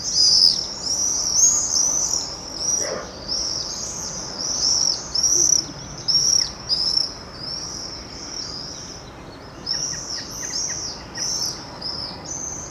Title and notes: Chemin sous les Fenêtres, Aurifat, Cordes-sur-Ciel, Albi, Tarn, Occitanie, France métropolitaine, 81170, France - quiet time with the birds. birdsong , noise from the road